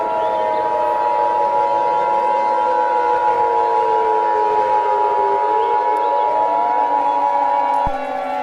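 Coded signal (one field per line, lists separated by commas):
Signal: Emergency Alert System (SAME) tones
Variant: 853 and 960 Hz attention tone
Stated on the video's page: Fictional EAS scenario, remastered recreation.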